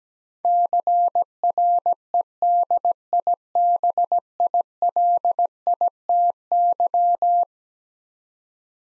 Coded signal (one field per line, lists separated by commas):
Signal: Morse code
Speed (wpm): 17 wpm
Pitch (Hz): 700 Hz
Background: none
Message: CREDIBILITY